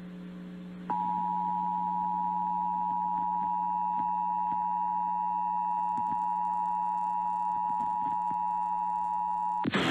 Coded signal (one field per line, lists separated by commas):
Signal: Emergency Alert System (SAME) tones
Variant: 853 and 960 Hz attention tone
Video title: Iowa Required Monthly Tests (EAS #388-395)